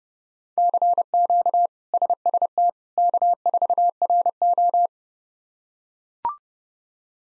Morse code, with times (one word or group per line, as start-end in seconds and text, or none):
0.6-1.7 CQ
1.9-2.7 SST
3.0-4.9 K4RO